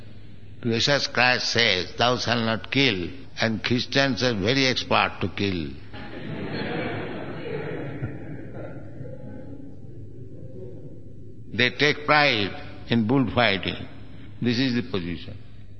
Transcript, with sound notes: Jesus Christ says, "Thou shall not kill," and Christians are very expert to kill. [laughter] They take pride in bullfighting. This is the position.